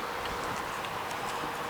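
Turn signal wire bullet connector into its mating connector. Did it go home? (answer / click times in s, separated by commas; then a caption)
no / none. A turn signal wire bullet connector is handled and pushed toward its mating connector on the wiring of a 2020 Hawk DLX EFI 250 motorcycle, over a steady broadband hiss with a few faint light taps. Nothing has seated or clicked yet.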